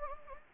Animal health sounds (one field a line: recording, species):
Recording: mosquito wingbeat signal from an infrared sensor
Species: Anopheles gambiae